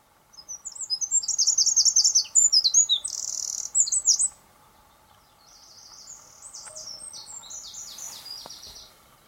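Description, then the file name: Eurasian wren singing, a loud high rapid phrase with a rattling trill, then after a pause a second, softer burst of fast high notes. "Troglodytes troglodytes"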